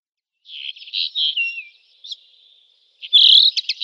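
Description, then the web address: Eurasian linnet twittering: buzzy warbled phrases, a short gap with faint ticks, then a loud burst of rapid chirps at the end. "Schulze Peter Eurasian Linnet song"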